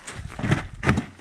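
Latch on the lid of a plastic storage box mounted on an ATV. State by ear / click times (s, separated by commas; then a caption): seated / 0.8 s, 0.9 s. A lid is closed on a weather-sealed plastic storage box mounted on an ATV, and its latch is flipped down until it locks. After some muffled handling, the latch snaps shut with sharp clicks at 0.8 and 0.9 seconds, locking the lid in place.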